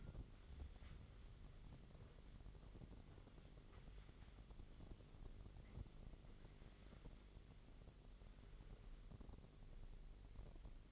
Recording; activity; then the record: daily activity, microphone in the room; wipe stove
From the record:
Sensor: 4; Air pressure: 1004.1 hPa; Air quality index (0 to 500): 157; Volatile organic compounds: 2 ppm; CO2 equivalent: 1117 ppm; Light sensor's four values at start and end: 12/29/12/13 and 12/28/12/13